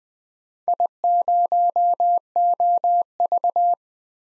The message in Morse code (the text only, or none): I0OV